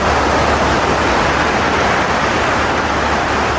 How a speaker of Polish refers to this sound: wysoko w górach może silniej wiać, tak żeby Państwa przygotować, tak się składa, że mamy próbkę tego wiatru.